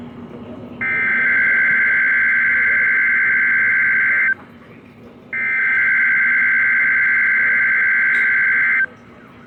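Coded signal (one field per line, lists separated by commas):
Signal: Emergency Alert System (SAME) tones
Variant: header bursts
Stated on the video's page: Required Weekly Test, EAS/NOAA Weather Radio alert.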